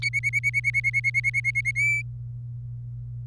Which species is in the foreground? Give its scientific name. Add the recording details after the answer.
Serinus canaria. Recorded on 26 April 2018 at 16:33. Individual llb3